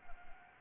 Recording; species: mosquito wingbeat signal from an infrared sensor; Anopheles arabiensis